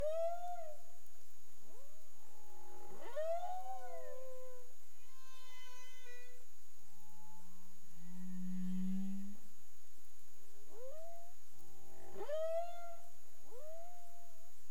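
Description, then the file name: Humpback whale calling with rising whoops, wavering moans and a low grunting tone, harmonic units following one another every few seconds, a steady faint high tone underneath. Made 30 April 2035 at 05:29 UTC. "humpback whale CARIMAM"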